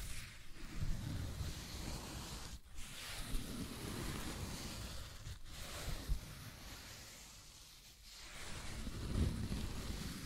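Scratching and tracing sounds make a dense, rough rushing noise that runs almost without letup, with a heavy low rumble beneath a bright hiss. Brief breaks come near 2.5, 5.5 and 8 seconds, like the stroke lifting before starting again.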